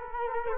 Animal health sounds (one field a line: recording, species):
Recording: mosquito wingbeat signal from an infrared sensor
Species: Culex quinquefasciatus